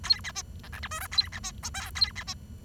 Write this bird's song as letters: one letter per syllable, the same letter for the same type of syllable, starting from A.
A B C D E F G H A B C I J A B C